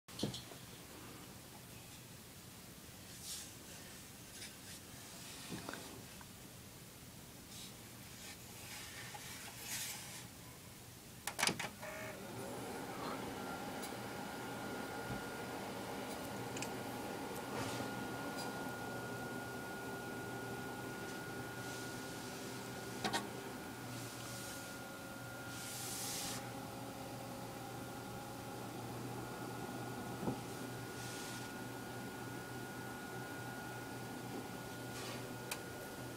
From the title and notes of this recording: Dell Server starting up (audio). I happened to be in the computerr room. You can hear how quiet the server actually is when being started up.